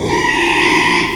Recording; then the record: squeal of a Yucatan mini pig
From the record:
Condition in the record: after surgery on the right vocal fold (resection and tissue-engineered implant); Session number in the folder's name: 1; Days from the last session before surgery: 6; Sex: male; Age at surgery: 12 weeks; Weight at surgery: 13 kg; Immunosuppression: cyclosporine, prednisolone